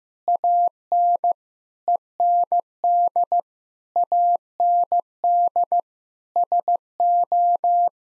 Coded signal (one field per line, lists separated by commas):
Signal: Morse code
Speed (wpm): 16 wpm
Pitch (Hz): 700 Hz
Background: none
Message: AN END AND SO